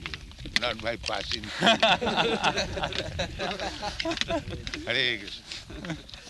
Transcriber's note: laughter